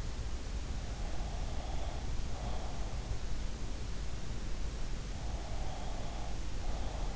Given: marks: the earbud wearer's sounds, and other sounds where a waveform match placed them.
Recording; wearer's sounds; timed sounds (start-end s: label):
sounds in sleep by an in-ear microphone; breath
0.96-3.16 s: breath
5.13-7.16 s: breath